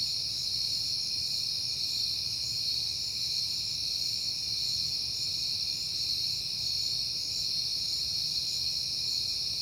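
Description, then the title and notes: Cricket: a dense, even high-pitched trill from start to finish, over low background rumble. Recorded at night in September on a peaceful night. "Night Time: Crickets and Passing Cars. It is September and I have been hearing the crickets a lot, but finally had a peaceful night to make the recording"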